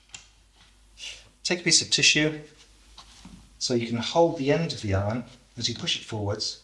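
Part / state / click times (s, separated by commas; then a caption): painting iron into its holder on a stand / not seated / none. Someone talks while holding the end of a wax-painting iron with a piece of tissue and pushing it forwards into its holder on a stand, with a brief short tap heard during the handling. The clip ends before the iron goes home, so nothing has seated or clicked into place yet.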